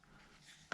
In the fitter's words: So yeah, so it does snap into place.